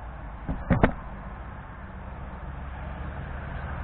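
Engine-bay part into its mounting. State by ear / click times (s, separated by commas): seated / 0.7 s, 0.8 s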